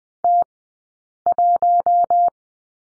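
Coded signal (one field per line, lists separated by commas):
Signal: Morse code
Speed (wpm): 20 wpm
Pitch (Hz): 700 Hz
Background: none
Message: T1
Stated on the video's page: Morse code course lesson on the letter H, sent at a Farnsworth speed of 20/10 wpm.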